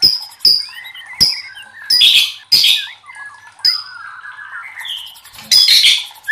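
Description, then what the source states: White-rumped shama song: thin high whistles, loud harsh bursts and a soft rambling warble of low slurred notes between them. Masteran (training recording for cage birds) of murai batu labaik.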